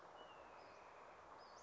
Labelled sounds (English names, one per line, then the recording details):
Western Flycatcher
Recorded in Sonoma County, California